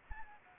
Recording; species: mosquito wingbeat signal from an infrared sensor; Anopheles arabiensis